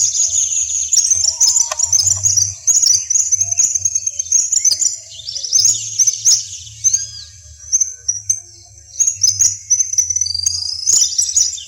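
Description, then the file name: Madagascar wagtail singing a long, high, jumbled twitter of quick sharp notes, barely broken, over a faint low droning hum. "Canto do alveola de madagascar"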